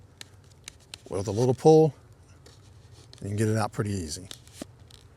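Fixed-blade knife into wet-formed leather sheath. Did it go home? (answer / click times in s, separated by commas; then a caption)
yes / 4.9 s. A fixed-blade knife is pushed back into its wet-formed leather sheath after being drawn out, with faint handling sounds while someone talks. It seats with a single sharp click at 4.9 s, held snugly so it doesn't accidentally slide out.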